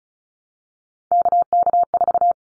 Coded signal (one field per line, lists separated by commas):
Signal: Morse code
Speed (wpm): 34 wpm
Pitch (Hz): 700 Hz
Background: none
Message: KK4